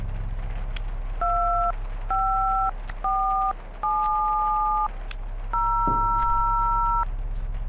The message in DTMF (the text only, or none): 25470